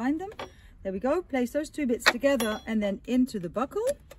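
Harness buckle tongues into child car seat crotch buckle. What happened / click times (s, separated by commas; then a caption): The buckle tongues are being handled but have not latched yet / none. Someone talks while handling the two harness buckle tongues of a Britax-Römer Club Class Extra child car seat, placing them together and guiding them toward the crotch buckle. The clip ends just before the tongues go home, so nothing has seated or clicked yet.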